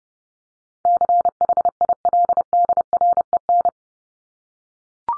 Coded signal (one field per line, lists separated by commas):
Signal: Morse code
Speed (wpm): 28 wpm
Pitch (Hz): 700 Hz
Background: none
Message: CHILDREN